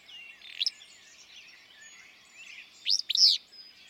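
Willow flycatcher singing: a brief sharp note early, then one full snappy two-part burry phrase near the end, over a soft background of other birdsong.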